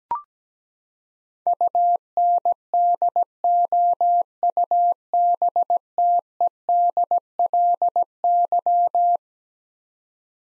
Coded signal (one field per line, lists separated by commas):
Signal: Morse code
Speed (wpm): 17 wpm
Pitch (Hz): 700 Hz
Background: none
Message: UNDOUBTEDLY